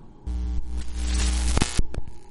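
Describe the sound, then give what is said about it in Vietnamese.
An electric buzzing and crackling hum from two flashlights worn on two men's heads starts abruptly, holds steady with static sputters, then pops sharply as they short out and cut off, leaving a quieter residual hiss with one last brief crackle. “Ngay tức khắc hai cái đèn pin treo trên đầu của hai người đột nhiên rè rè rè rè một cái, rồi chập tắt ngấm.”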